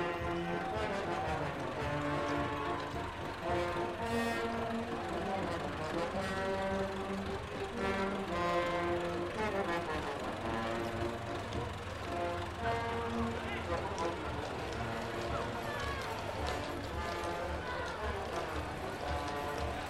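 A traditional goose riding ceremony in Belgium, full of steady, dense sound throughout. Layered sustained tones shift pitch every second or so, like a band playing a tune, over a constant wash of crowd voices and scattered knocks, possibly hooves.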